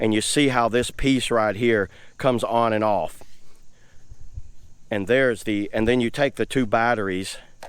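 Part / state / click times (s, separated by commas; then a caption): battery pack into cordless leaf blower battery mount / not seated / none. A 40V battery pack is being handled at the battery mount of a 40V 500CFM 150mph cordless leaf blower while someone talks. The clip is almost entirely speech, with a pause around 3.2–4.9 s and a brief sharp sound right at the end near 7.6 s. Nothing has seated or clicked into place yet.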